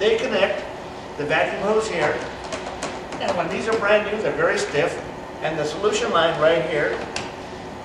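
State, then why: Not seated. A man talks while handling the solution hose's quick-connect coupling at the fitting of a TMI Flipper carpet extractor, next to where the vacuum hose connects; the hoses are very stiff when brand new. Over steady speech there is one brief sharp sound at 2.8 s. The coupling has not seated or clicked in yet.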